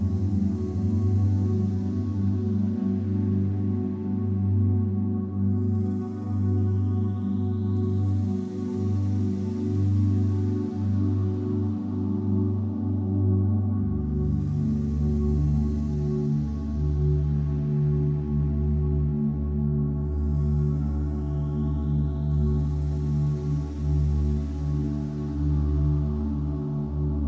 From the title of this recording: 396 Hz - Release Fear - Solfeggio Meditation